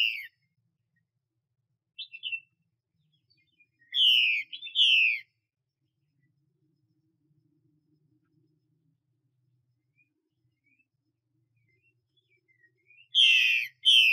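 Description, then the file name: Chinese hwamei: a loud whistle, a few softer notes, a loud pair of slurred whistles, a long stretch of near silence, then a strong burst at the end. Female bird. "Tieng chim hoa mi mai xuy"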